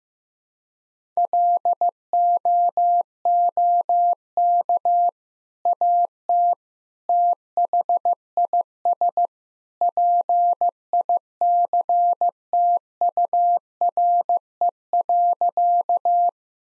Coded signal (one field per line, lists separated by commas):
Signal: Morse code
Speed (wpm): 15 wpm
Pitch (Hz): 700 Hz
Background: none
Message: LOOK AT THIS PICTURE.